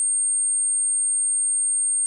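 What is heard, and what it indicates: A single steady, very high-pitched whistle, around 8 kHz, holds unbroken for about two seconds over complete silence. It simulates tinnitus, a ringing heard with no outside sound source, which sounds loud in silence and becomes hard to forget.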